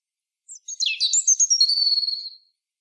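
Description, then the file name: European robin song: one two-second phrase of thin, high twittering notes tumbling downward, then a sustained sweet whistle, in a quiet background. "Erithacus rubecula"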